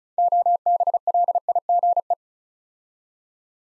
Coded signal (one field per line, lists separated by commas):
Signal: Morse code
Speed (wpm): 36 wpm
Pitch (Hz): 700 Hz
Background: none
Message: OBLIGE